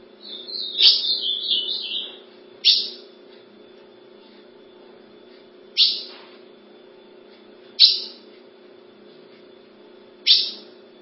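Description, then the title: Ultramarine grosbeak song: a warbled, wavering whistled phrase, then four sharp, abrupt notes spaced a couple of seconds apart, with a low hum beneath. "Azulao"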